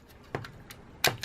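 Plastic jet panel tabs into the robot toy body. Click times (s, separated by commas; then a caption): 1.0 s. Plastic jet panel tabs on a Transformers Titans Return Overlord and Dreadnaut leader robot toy are pushed into the toy body. A few light plastic taps come at 0.4, 0.5 and 0.7 seconds, then a sharp snap at 1.1 seconds, followed by a small tap at 1.2 seconds. The tabs are locked into place.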